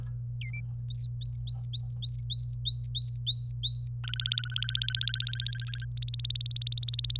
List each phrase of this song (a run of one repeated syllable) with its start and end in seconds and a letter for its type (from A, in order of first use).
0.41-0.60 A, 0.90-3.88 B, 4.04-5.85 C, 5.97-7.18 D